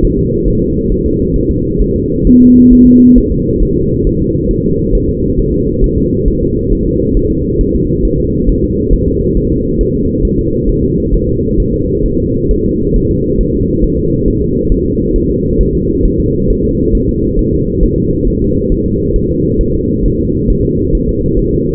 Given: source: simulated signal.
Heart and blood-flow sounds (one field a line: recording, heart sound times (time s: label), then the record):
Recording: fetal heart sounds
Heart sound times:
0.05 s: S1
0.19 s: S2
0.48 s: S1
0.62 s: S2
0.92 s: S1
1.06 s: S2
1.36 s: S1
1.51 s: S2
1.82 s: S1
1.96 s: S2
2.27 s: S1
2.42 s: S2
2.73 s: S1
2.87 s: S2
3.18 s: S1
3.32 s: S2
3.63 s: S1
3.77 s: S2
4.07 s: S1
4.21 s: S2
4.51 s: S1
4.65 s: S2
4.95 s: S1
5.09 s: S2
5.39 s: S1
5.54 s: S2
5.84 s: S1
5.98 s: S2
6.28 s: S1
6.43 s: S2
6.73 s: S1
6.87 s: S2
7.17 s: S1
7.31 s: S2
7.61 s: S1
7.75 s: S2
8.05 s: S1
8.20 s: S2
8.49 s: S1
8.64 s: S2
8.93 s: S1
9.08 s: S2
9.37 s: S1
9.52 s: S2
9.81 s: S1
9.95 s: S2
10.25 s: S1
10.39 s: S2
10.69 s: S1
10.84 s: S2
11.14 s: S1
11.29 s: S2
11.60 s: S1
11.74 s: S2
12.06 s: S1
12.20 s: S2
12.51 s: S1
12.66 s: S2
12.96 s: S1
13.11 s: S2
13.41 s: S1
13.55 s: S2
13.84 s: S1
13.99 s: S2
14.28 s: S1
14.42 s: S2
14.72 s: S1
14.86 s: S2
15.16 s: S1
15.30 s: S2
15.61 s: S1
15.75 s: S2
16.05 s: S1
16.20 s: S2
16.50 s: S1
16.65 s: S2
16.95 s: S1
17.09 s: S2
17.39 s: S1
17.53 s: S2
17.83 s: S1
17.98 s: S2
18.28 s: S1
18.42 s: S2
18.72 s: S1
18.86 s: S2
19.16 s: S1
19.31 s: S2
19.61 s: S1
19.75 s: S2
20.06 s: S1
20.20 s: S2
20.50 s: S1
20.65 s: S2
20.95 s: S1
21.09 s: S2
21.39 s: S1
21.54 s: S2
From the record:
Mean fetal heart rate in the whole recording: 135 bpm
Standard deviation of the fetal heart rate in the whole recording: 3 bpm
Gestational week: 36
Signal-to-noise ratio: -10.2 dB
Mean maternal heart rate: 72 bpm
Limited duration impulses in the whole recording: present